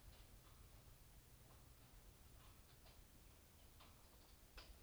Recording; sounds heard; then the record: poultry house recording; no chicken sound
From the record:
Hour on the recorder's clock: 22